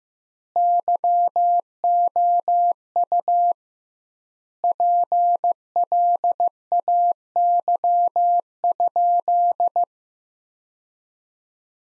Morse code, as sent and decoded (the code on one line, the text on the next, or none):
-.-- --- ..- / .--. .-.. .- -.-- ..--..
YOU PLAY?